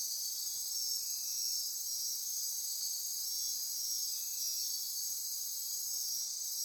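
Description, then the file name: Insect chorus of many overlapping high-pitched trills forming an unbroken ringing wall of sound, with a few lower buzzy phrases coming and going. Midnight insect chorus near Corcovado. "Wind-is-the-Original-Radio-Fridays 20240628 Andy-Martin Midnight-Insect-Chorus-Near-Corcovado"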